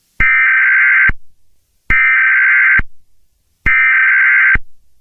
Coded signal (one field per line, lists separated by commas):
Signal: Emergency Alert System (SAME) tones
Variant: header bursts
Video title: The hole of D3ATH an EAS scenario